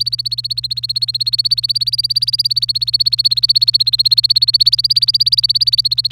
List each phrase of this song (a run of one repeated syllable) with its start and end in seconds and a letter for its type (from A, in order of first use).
0.00-6.11 A